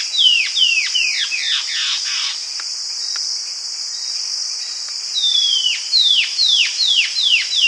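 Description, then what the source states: White-breasted antbird song: a series of clear, down-slurred whistles, each falling sharply, repeated quickly in two bursts over a steady high insect drone. South America.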